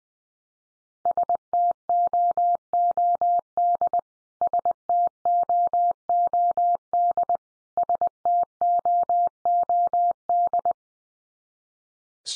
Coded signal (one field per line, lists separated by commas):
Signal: Morse code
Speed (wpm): 20 wpm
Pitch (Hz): 700 Hz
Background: none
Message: STOOD STOOD STOOD